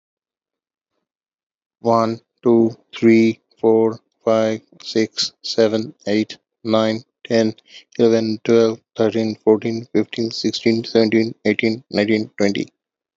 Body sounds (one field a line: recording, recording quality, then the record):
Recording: counting at a normal pace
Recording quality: excellent, no background noise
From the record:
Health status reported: healthy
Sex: male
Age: 40 years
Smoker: yes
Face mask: not worn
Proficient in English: yes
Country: India